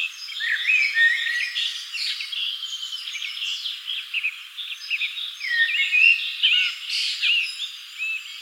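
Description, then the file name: Common blackbird calls: repeated whistled and slurred notes, several with sharp upward sweeps, mixed with constant chirping from many other birds. "Turdus merula"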